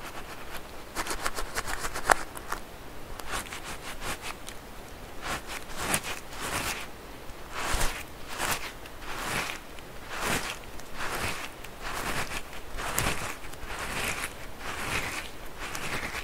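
Squishy stress balls being squeezed and handled, making soft crinkly rustling and squelching sounds. The squeezes come in irregular bursts, roughly one every second, some sharper and brighter than others, over a steady faint hiss with a low rumble underneath.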